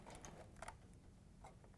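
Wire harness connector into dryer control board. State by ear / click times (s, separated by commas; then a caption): seated / 0.2 s, 0.6 s. Two plastic wire harness connectors are pushed down onto the control board of a Frigidaire dryer (control board 134484212, fits Electrolux) until they lock in place. Sharp clicks are heard at about 0.3 s and 0.6 s over a low steady background. Both connectors end up seated and locked for a good connection.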